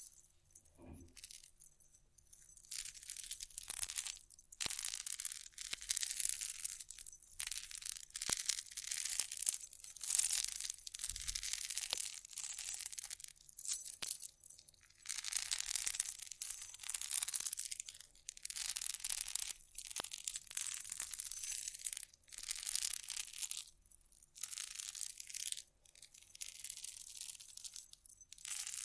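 Scratching and rubbing on vinyl and wood, with crackly, crunching textures that come in short bursts and longer scrapes throughout. The sound is bright and hissy, with little low end, and brief sharp taps and clicks mark the gaps between strokes.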